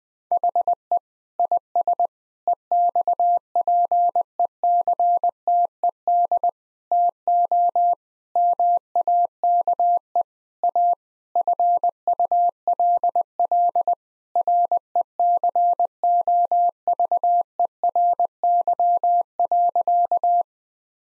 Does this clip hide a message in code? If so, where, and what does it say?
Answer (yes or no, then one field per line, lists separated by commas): yes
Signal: Morse code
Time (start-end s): 0.3-20.4 s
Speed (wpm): 21 wpm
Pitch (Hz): 700 Hz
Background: none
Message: HE IS EXPECTED TO MAKE A FULL RECOVERY.